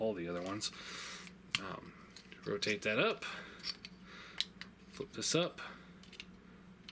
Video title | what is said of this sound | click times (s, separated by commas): Transformers review Combiner Wars Air Raid | clicks into place. | 6.9 s